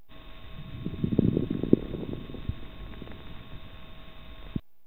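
Adult lungs heard by stethoscope: coarse crackles, a bubbling-underwater sound, from airways opening with secretions or fluid in the lungs; most commonly associated with congestive heart failure and pneumonia.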